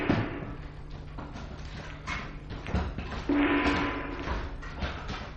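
Someone struggles with a stuck door that will not open, in a staging of Jean-Paul Sartre's play No Exit: irregular thumps, knocks and rattling as it is yanked and pushed, over a steady low hum, with no voices.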